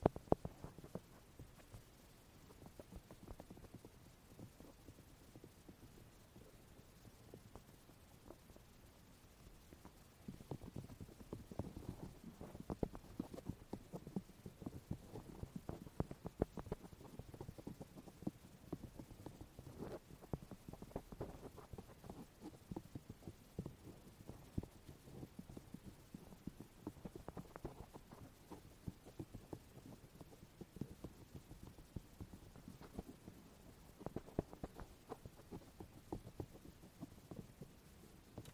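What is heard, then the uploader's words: Muffled tapping and rubbing against the ear, a dense run of soft dull knocks with little brightness. It stays quieter and sparser for the first ten seconds, then grows louder and busier, with uneven bursts of quick taps continuing to the end. Ear tapping, ear massage.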